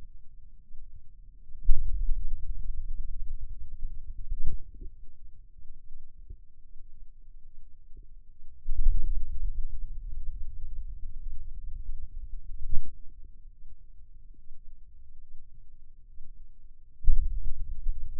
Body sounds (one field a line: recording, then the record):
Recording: forearm muscle sounds (acoustic myography)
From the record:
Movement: ulnar deviation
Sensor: system 2, bracelet of six BSWA MPA416 microphones around the upper forearm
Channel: 5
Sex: male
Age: 22 years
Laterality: right